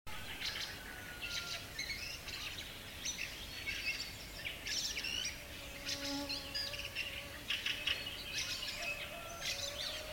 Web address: multi voiced bird singing at dawn in the summer garden